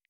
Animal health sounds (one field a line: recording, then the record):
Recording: hydrophone in a shrimp aquaculture tank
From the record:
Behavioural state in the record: normal